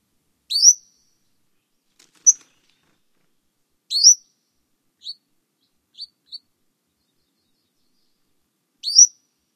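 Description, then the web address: Cordilleran flycatcher calls: sharp high upslurred notes repeated every few seconds, mixed with a few short soft chips, on a silent background. Recorded in North America. "Songs of Birds of North America Stokes. Cordilleran Flycatcher"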